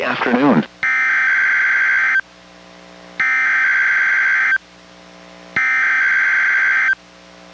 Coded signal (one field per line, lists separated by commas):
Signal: Emergency Alert System (SAME) tones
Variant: header bursts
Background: speech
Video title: EAS #753: NWR Required Weekly Test- Mar. 22, 2023- 11:04AM PDT